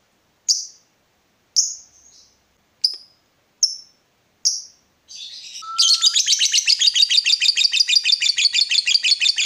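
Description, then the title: Yellow-vented bulbul: five separate sharp high notes spaced about a second apart, then a short whistle and a rapid, steady chatter of chirps. Used as a bird lure (pikat). "PIKAT TRUCUKAN"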